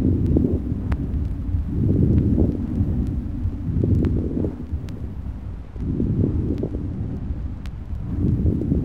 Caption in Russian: Влажные звонкие мелкопузырчатые хрипы при пневмонии на вдохе.